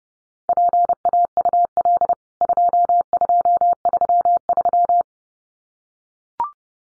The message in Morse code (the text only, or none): PAUL 2233